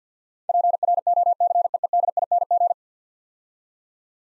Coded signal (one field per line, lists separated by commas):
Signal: Morse code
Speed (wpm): 53 wpm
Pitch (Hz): 700 Hz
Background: none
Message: PROCEEDING